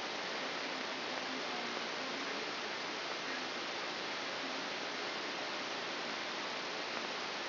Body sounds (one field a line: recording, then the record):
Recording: brain microelectrode recording played as sound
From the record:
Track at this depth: inside the subthalamic nucleus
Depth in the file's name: 5.705 mm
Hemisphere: left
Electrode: 2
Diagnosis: Parkinson's disease